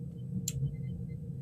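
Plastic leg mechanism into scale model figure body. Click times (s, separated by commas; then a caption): 0.5 s. On a scale model cyborg figure, the movable plastic leg mechanism is pushed back into the figure body and gives a single sharp click at 0.5 s as it locks back into place. The rest of the clip is a low background hum with a few faint tones, and no talk is heard.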